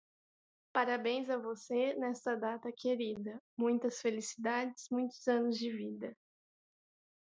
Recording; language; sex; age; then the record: short text; Brazilian Portuguese; female; 20 to 29 years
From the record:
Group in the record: control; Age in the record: 20 years